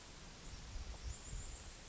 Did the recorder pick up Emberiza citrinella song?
no